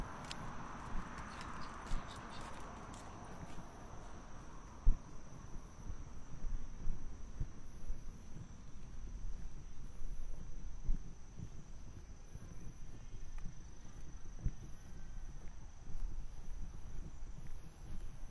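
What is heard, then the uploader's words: A walk outdoors on a cloudy day, with uneven footsteps and low rumbling running throughout. A steady, thin high whine like insects holds the whole time, while a soft hiss fades out over the first few seconds and a sharp knock stands out near five seconds. 27℃ 多云天的午间散步. Noon Break Walking On A Cloudy Day.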